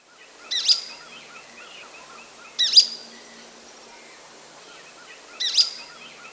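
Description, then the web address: Golden-crowned flycatcher giving three sharp, high squeaky notes a few seconds apart, with faint chirps in the background. South America. "Natures Songs S America Golden-Crowned Flycatcher"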